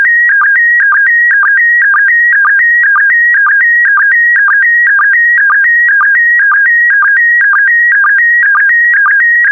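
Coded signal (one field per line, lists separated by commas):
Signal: SSTV (slow-scan television)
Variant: PD120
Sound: warbling tone shifting between pitches, with a short low blip about twice a second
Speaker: the next image transmission will start in 10 seconds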